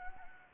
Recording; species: mosquito wingbeat signal from an infrared sensor; Anopheles gambiae